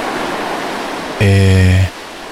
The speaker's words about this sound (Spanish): y volvamos al océano ahora. Contemplemos un poquito las olas.